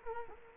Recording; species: mosquito wingbeat signal from an infrared sensor; Culex quinquefasciatus